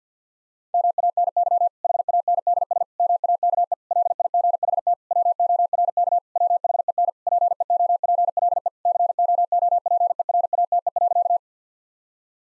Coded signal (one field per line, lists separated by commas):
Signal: Morse code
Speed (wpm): 50 wpm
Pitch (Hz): 700 Hz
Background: none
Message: MANY HANDS MAKE LIGHT WORK WHEN PEOPLE COOPERATE.